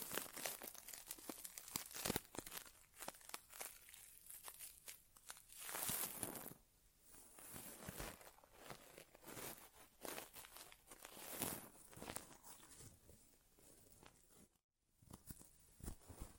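An inner ear exam with no talking: irregular crackling, rustling and soft tapping come in quick, uneven bursts throughout. A brighter hissing swell rises near six seconds, and the sound cuts out briefly just before the fifteenth second before resuming.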